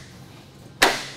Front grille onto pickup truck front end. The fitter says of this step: snap it into place. There you go, the install is done.